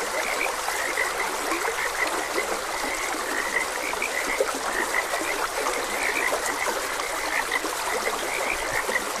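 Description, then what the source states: Frogs croak together in quick, overlapping chirps with no pauses, set against a constant rush of running water. Frogs croaking beside a gentle stream.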